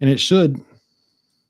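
A Meshtastic radio node circuit board with a screen, USB-C port and buttons is being handled before it is pressed into its plastic case, which is a tight fit. Someone talks briefly, then the clip goes quiet with only a faint high tone. Nothing has seated or clicked yet.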